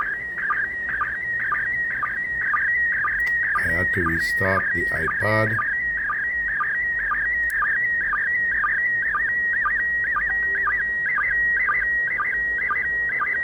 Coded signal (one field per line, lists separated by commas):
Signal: SSTV (slow-scan television)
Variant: PD 120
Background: speech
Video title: Antennas & ARISS SSTV